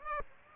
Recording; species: mosquito wingbeat signal from an infrared sensor; Aedes aegypti